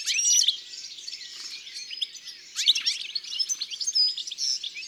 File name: Chardonneret elegant ABC des chants doiseaux